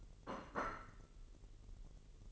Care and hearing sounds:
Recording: daily activity, microphone in the room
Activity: place plate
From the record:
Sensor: 4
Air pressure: 1002.9 hPa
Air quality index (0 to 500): 247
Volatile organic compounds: 20 ppm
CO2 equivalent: 2676 ppm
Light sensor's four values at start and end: 5/12/4/5 and 5/12/4/5

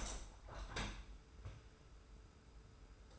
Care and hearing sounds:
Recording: daily activity, microphone in the room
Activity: open window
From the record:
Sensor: 2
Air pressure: 991.2 hPa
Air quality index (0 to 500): 131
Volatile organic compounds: 150 ppm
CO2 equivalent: 4022 ppm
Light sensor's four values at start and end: 37/108/43/41 and 37/108/42/41

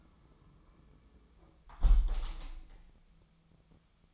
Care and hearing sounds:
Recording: daily activity, microphone in the room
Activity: close window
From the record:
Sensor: 1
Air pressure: 1004.7 hPa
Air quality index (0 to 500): 112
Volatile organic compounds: 4 ppm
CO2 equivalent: 1556 ppm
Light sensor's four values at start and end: 9/21/8/9 and 8/20/8/8

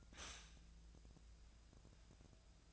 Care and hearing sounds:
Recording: daily activity, microphone in the room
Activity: stop toaster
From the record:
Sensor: 2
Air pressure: 1000.1 hPa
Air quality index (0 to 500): 144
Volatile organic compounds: 2 ppm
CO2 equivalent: 1222 ppm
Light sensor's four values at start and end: 26/64/27/30 and 26/64/27/30

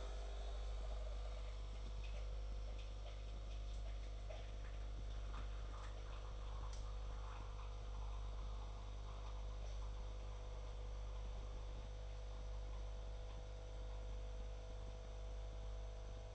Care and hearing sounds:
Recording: daily activity, microphone in the room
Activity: make coffee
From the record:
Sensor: 5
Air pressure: 994.6 hPa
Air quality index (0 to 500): 179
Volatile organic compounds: 948 ppm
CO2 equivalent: 5242 ppm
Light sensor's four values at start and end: 46/139/55/60 and 46/139/55/60

